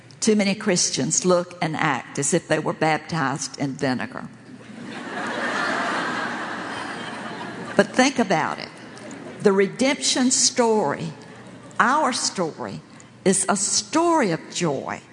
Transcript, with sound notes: “Too many Christians look and act as if they were baptized in vinegar.” (laughter) Think about it. The redemption story, our story, is a story of joy!